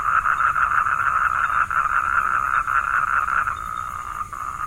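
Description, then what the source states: Frog giving rapid pulsed notes that merge into an almost unbroken mid-pitched trill lasting throughout. Vietnam.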